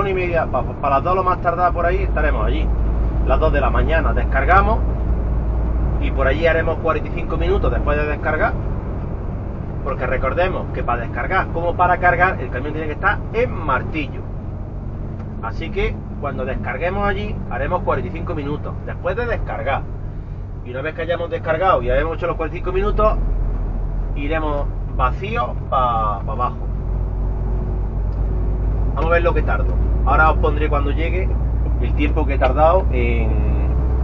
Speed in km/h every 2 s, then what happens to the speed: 69, 68, 68, 73, 73, 69, 60, 53, 50, 41, 33, 27, 27, 27, 27, 24, 28.
0-9 steady at about 69. 9-22 brakes to 27. 22-34 steady at about 27.